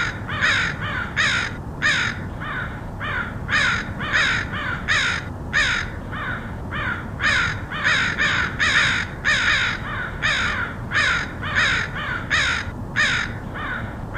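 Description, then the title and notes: Crows cawing in a busy chorus, harsh, raspy caws coming in quick overlapping bursts, with a steady low rumble underneath. Crows recorded in Portland, Oregon, in August 2003. "Crows of Portland. Crows recorded by Dan Bodah in Portland, OR, August 2003"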